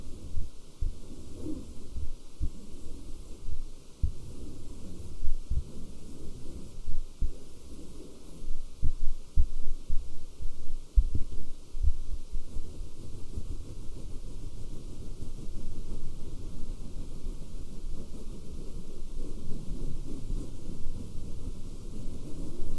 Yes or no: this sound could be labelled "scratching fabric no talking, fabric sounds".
yes